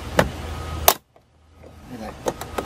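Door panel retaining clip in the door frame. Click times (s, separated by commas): 0.2 s, 0.9 s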